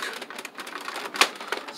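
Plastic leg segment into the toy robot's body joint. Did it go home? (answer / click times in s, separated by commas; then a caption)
yes / 1.2 s. A plastic leg section of a transforming robot toy is folded and pushed into the toy's body joint, giving a run of light plastic taps and rattles. A sharp, loud click at 1.2 s marks the leg joint seating into place.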